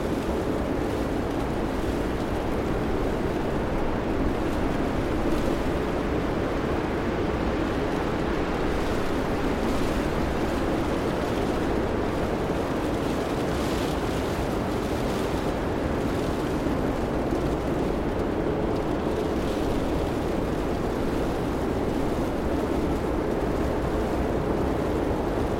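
A blizzard rages outside, the wind roaring in a dense, steady rush that fills the low and middle range without pause. Loudness holds nearly constant for the whole stretch, with faint brighter gusts and hissing swells drifting through every few seconds.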